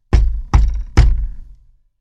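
knocking on a door

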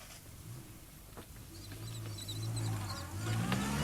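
car engine starting

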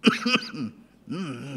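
cough

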